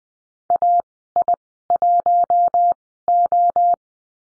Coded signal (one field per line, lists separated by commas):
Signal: Morse code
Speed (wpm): 20 wpm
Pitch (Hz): 700 Hz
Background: none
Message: AI1O